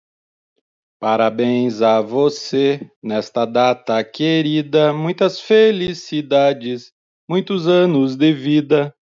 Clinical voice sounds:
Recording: short text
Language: Brazilian Portuguese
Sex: male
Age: 40 to 49 years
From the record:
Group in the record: control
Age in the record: 42 years

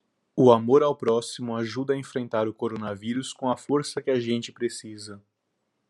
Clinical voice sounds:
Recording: spoken sentence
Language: Brazilian Portuguese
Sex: male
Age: 20 to 29 years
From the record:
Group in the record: control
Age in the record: 24 years

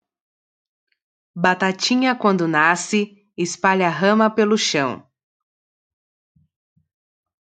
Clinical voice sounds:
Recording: short text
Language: Brazilian Portuguese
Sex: female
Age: 20 to 29 years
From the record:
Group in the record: control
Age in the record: 27 years

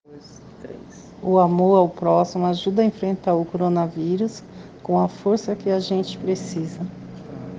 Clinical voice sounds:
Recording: spoken sentence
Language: Brazilian Portuguese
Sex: female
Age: 50 to 59 years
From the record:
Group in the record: respiratory insufficiency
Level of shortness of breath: 5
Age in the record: 54 years

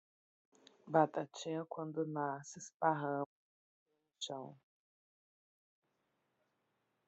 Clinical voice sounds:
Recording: short text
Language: Brazilian Portuguese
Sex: female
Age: 40 to 49 years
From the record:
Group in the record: control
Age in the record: 42 years

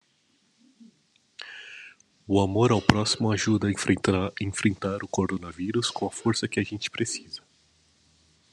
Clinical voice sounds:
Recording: spoken sentence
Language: Brazilian Portuguese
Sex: male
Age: 40 to 49 years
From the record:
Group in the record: control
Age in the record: 45 years

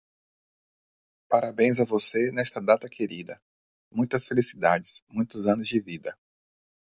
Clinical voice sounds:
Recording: short text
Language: Brazilian Portuguese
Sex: male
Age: 40 to 49 years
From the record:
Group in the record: control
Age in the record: 47 years

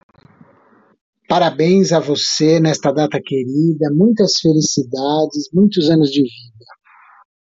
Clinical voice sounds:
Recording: short text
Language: Brazilian Portuguese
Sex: male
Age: 50 to 59 years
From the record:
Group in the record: control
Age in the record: 53 years

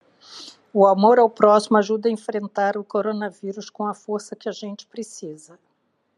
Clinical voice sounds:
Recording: spoken sentence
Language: Brazilian Portuguese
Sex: female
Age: 60 to 69 years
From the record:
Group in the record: control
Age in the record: 61 years

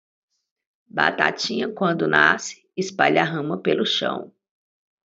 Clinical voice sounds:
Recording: short text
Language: Brazilian Portuguese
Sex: female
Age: 30 to 39 years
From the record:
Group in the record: control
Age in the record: 38 years

